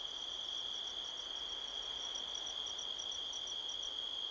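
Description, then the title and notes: Crickets give a continuous high whine overlaid by evenly pulsed chirps, steady throughout, with light wind noise. Crickets chirping all around at midnight, 5 October 2023, in a canyon at Sedona, Arizona, USA, with strong wind rustling trees. "Midnight Soundscape, Sedona, Arizona, USA on 5th October 2023 – by Joe Harvey-Whyte. A strong wind blows across the canyon, rustling trees. The sound of crickets can be heard all around"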